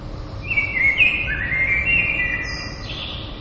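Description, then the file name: Common blackbird song: a mellow fluted warble that dips and rises, ending in a thin, high squeaky twitter, over a faint steady background hiss. "merles"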